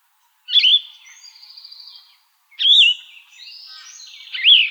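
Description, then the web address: Yellow-throated vireo song: three slurred phrases about two seconds apart, each followed by softer trailing notes. Recorded in Arizona, dated 29 August 2004. "Shrikes Vireos YTVI 082904. deviche"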